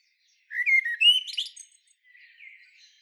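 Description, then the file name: Common blackbird song phrase: low, fluty whistled warble of a few slurred notes, then a thin, squeaky high twitter, followed by a faint softer phrase. "Turdus merula"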